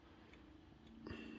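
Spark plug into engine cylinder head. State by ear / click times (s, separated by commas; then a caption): not seated / none. A new spark plug held in a small socket is started gently by hand into the cylinder head of a Ford Fiesta engine so it does not cross-thread, before being torqued down. Only faint ticks are heard, around 0.3 s and 1.1 s, over a steady low hum. Nothing has seated or clicked yet.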